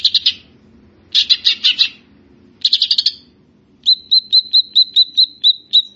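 Grey-cheeked bulbul giving harsh buzzy chattering bursts, then a steady series of short whistled notes.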